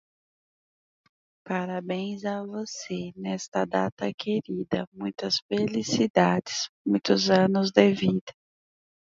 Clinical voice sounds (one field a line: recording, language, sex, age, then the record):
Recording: short text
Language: Brazilian Portuguese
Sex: female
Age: 30 to 39 years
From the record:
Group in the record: control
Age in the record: 37 years